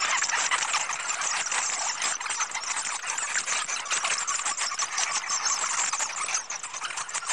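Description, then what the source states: Many bats squeaking together, a thick unbroken wash of high, rasping chitters that holds steady throughout. Large flock of bats vocalizing together.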